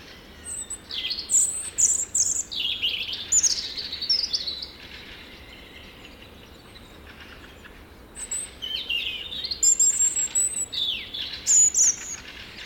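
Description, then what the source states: European robin song in two bursts of high, sweet, warbling notes, separated by a few seconds of quiet hiss. Singing at full volume as the light returns; recorded in Hartola.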